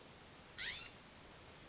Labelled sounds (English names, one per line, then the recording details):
California Scrub-Jay
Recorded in Sonoma County, California